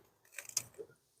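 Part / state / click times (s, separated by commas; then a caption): locking clip on an ignition coil electrical connector / seated / 0.6 s. The plastic locking clip on an ignition coil electrical connector is pushed back in by hand on the 3.7L engine of a 2012 Jeep Liberty during spark plug and ignition coil replacement. A few small sharp ticks come at about 0.4 and 0.5 seconds, then a brighter click at 0.6 seconds as the clip seats, followed by a faint rustle and quiet. The clip is seated.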